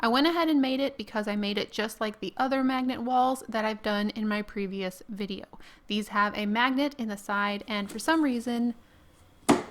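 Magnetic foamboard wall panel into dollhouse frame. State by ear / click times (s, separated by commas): seated / 9.5 s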